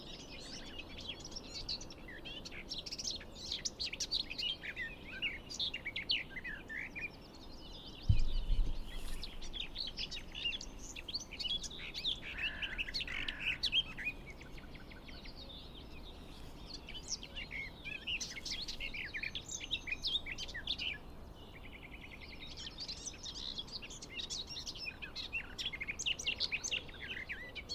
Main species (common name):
Garden Warbler